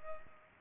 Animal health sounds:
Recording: mosquito wingbeat signal from an infrared sensor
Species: Culex pipiens

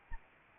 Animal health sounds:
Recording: mosquito wingbeat signal from an infrared sensor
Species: Anopheles arabiensis

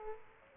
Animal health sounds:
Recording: mosquito wingbeat signal from an infrared sensor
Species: Aedes aegypti

